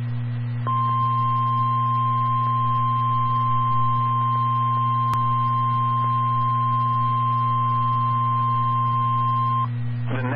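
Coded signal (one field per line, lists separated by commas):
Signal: Emergency Alert System (SAME) tones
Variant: 1050 Hz attention tone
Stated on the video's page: Two Special Marine Warnings received back to back on NOAA weather radio station KEC61.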